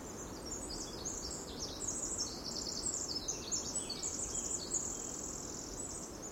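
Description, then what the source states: Winter Wren song: very high, thin twittering runs of rapid notes flowing on without a break, over a steady broad background hiss. Very high-pitched twittering along a tall, tree-lined, mossy, ferned rainforest trail near the Ho River, about 100 yards from the start; bird perhaps 100 feet away.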